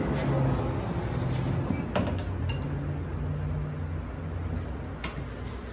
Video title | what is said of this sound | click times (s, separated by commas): 1987 Mercedes-Benz 420SEL: Replacing the wiper blades | You should hear it click and should stay locked into position there. | 5.0 s